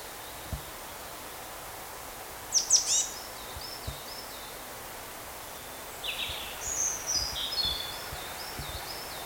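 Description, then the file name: Marsh tit calls: a cluster of sharp high notes followed by thin looping whistles, then a second longer run of wavering high notes after a pause, against quiet background hiss. "Poecile palustris"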